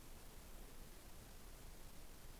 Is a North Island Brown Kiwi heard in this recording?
no